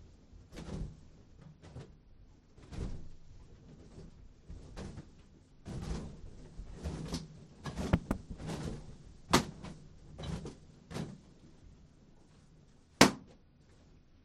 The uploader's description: popped them one at a time with a needle taped to a stick